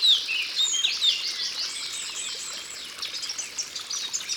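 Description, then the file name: Eurasian blackcap song: a few bright whistled notes, then a dense run of high twittering, warbled phrases. Recorded in Ardèche. "Fauvette-A-Tete-Noire-Concerts-Naturels-De-l Ardeche"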